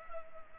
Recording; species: mosquito wingbeat signal from an infrared sensor; Culex pipiens